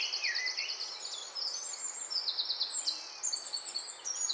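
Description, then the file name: Eurasian blackcap song: a downslurred whistle, then a rapid run of bright, high chattering notes and short trills, steady in loudness throughout. "Sylvia atricapilla"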